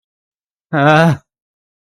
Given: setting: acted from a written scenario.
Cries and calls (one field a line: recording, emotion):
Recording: vocal sound without words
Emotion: fear